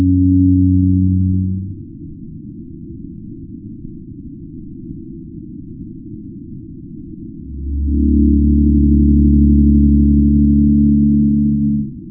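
Pygmy blue whale call: a low harmonic hum ends early, followed by several seconds of faint low noise, then a louder deep drone resumes and holds.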